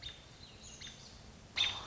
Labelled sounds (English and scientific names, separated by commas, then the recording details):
American Robin (Turdus migratorius)
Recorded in Sonoma County, California